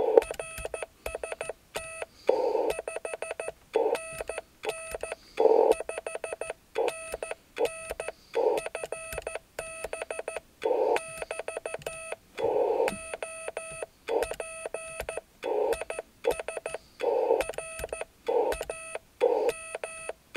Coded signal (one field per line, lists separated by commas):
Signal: Morse code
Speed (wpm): 14 wpm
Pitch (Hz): 2600 Hz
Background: none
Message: RST 5NN 5NN FB <BT> OP IS RAM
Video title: QSO CW DX